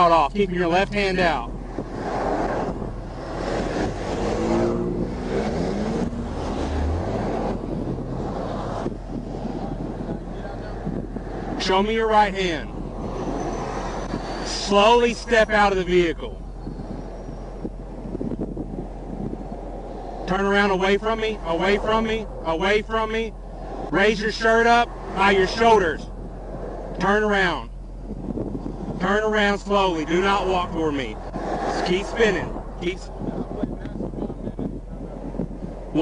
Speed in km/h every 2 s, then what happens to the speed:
0, 0, 0, 0, 0, 0, 0, 0, 0, 0, 0, 0, 0, 0, 0, 0, 0, 0.
0-36 standing.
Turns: none.